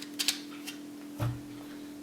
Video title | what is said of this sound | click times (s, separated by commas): Awesome nerf quick "18" mod | does it just snaps into place | 0.2 s, 0.3 s